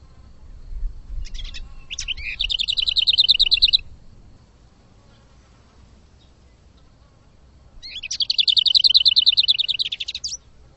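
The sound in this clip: A bird sings two long, buzzy, high trills separated by a pause of several seconds; faint low rumble beneath.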